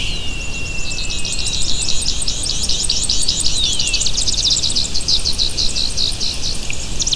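Bird calls: rapid high buzzy trills and chirps repeated steadily, with a thin descending whistle early, over constant low background noise.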